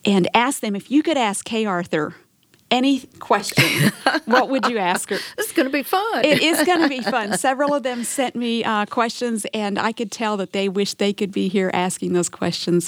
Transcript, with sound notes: I asked them, “If you could ask Kay Arthur any question, what would you ask her?”
(laughing) This is going to be fun.
It is going to be fun. Several of them sent me questions, and I could tell that they wished they could be here asking those questions.